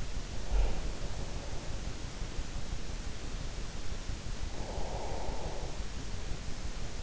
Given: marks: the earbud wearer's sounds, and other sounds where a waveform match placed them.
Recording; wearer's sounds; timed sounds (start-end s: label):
sounds in sleep by an in-ear microphone; breath
0.38-1.25 s: breath
4.40-6.29 s: breath